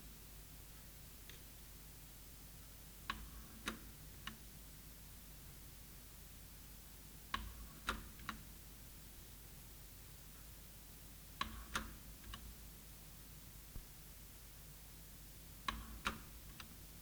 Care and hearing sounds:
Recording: daily activity, guitar pickup as the sensor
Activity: manipulate door

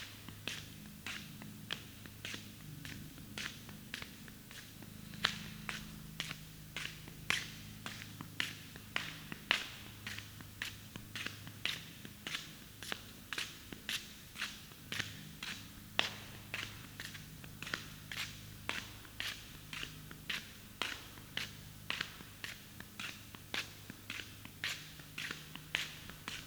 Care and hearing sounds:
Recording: daily activity, guitar pickup as the sensor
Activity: walk

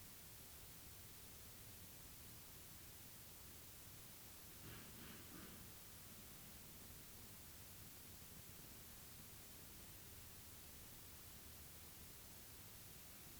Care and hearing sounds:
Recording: daily activity, guitar pickup as the sensor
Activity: lie down

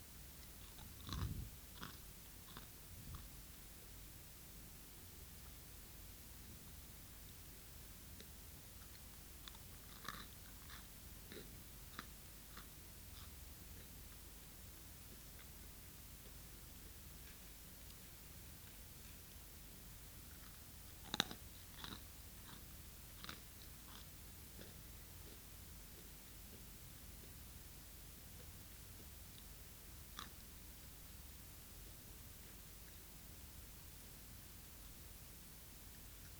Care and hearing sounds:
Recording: daily activity, guitar pickup as the sensor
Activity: eat

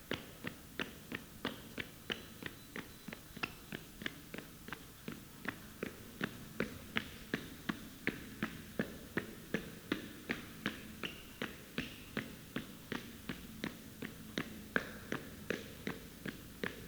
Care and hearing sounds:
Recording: daily activity, guitar pickup as the sensor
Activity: run

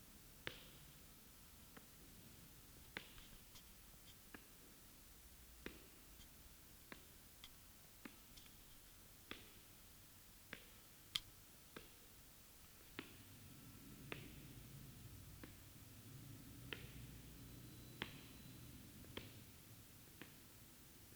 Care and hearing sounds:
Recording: daily activity, guitar pickup as the sensor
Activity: walk

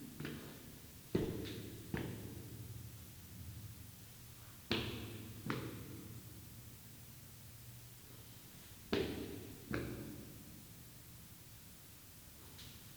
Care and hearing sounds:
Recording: daily activity, guitar pickup as the sensor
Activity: go upstairs

